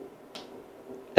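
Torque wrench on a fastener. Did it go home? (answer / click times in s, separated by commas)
yes / 1.2 s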